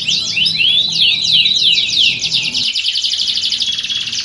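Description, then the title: Canary song: dense, rapid high trills and sweeping chirps, several rolling phrases overlapping, with a faint low hum underneath. Belgian canary song played as a warm-up to get canaries singing, used to simulate a singing contest and train contest canaries' mental readiness. "Canto Para Esquentar Canário Belga. Simulasi Lomba Kenari. Suara Kenari Lomba. Melatih Mental Kenari Juara"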